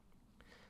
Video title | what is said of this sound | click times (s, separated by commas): Microtech Ultratech ZBP - фронталка , що руйнує стереотипи ). | Ось він у нас у років зафіксувався. | 0.4 s